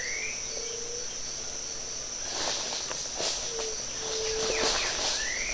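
Bird calls: short rising whistles at both ends and low steady whistled notes, against a loud continuous insect drone with crackling rustles in the middle.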